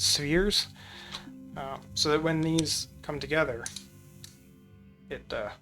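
Someone talks while handling two 3D printed plastic map pieces, a map tag half and its mating half, with printed sphere detents on the bottom meant to click them together. A brief faint tap is heard around 4.2 seconds over a steady background tone. Nothing has seated or clicked yet.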